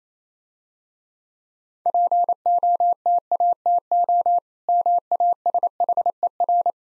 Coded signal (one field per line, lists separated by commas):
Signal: Morse code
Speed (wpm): 27 wpm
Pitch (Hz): 700 Hz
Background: none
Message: POTATO MASHER